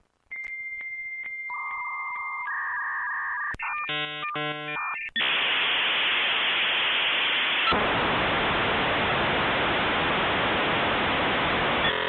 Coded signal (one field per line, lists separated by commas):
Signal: dial-up modem handshake